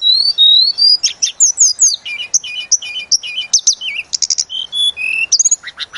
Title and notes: Masteran Tledekan Gunung Sikatan Gunung. burung tledekan